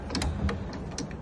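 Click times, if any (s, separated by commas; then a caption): none. A plastic illuminated star grille emblem from a 2018-2024 4th-generation Lincoln Navigator is pushed by hand into its housing behind the front bumper during reassembly. Several short, sharp plastic ticks and knocks sound over a low background rumble. Nothing has seated or clicked yet.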